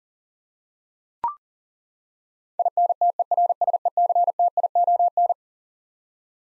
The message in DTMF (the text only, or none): none